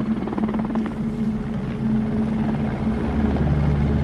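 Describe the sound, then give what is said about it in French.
French military helicopters land at Gishita, their rotors thumping steadily with a deep, continuous engine drone, a strong low hum holding throughout at an even, loud level with no voices. “Les tueurs savent qu'ils ne doivent pas attirer l'attention des militaires français dont les hélicoptères se posent à Gishita.”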